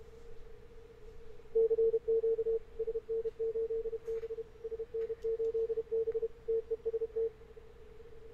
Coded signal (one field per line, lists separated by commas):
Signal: Morse code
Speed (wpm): 31 wpm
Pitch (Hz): 450 Hz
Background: radio noise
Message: CQ SN8B SN8B TEST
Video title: N1MM+ Flex 6700 contest example CQ WPX CW 2017